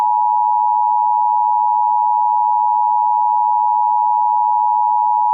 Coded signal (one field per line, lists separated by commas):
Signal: Emergency Alert System (SAME) tones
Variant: 853 and 960 Hz attention tone